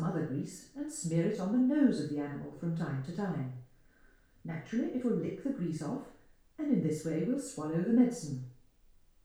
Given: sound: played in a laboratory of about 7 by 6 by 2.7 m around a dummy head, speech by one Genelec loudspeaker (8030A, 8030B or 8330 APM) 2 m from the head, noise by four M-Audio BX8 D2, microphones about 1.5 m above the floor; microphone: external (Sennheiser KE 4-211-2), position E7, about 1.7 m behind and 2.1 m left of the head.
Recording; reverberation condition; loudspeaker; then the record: female speech in English; medium; 150 degrees to the left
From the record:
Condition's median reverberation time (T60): about 510 ms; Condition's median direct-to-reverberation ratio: about -0.5 dB